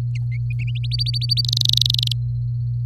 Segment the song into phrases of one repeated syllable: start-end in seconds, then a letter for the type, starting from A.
0.91-1.41 A, 1.44-2.12 B